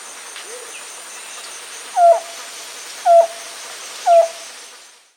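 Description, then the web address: Amazonian antpitta song: three short, hollow, mid-pitched whistles spaced about a second apart, each slightly inflected, over a constant background hiss. Bolivia. "Birds of the Amazon 3. Amazonian Antpitta (Hylopezus berlepschi), Bolivia"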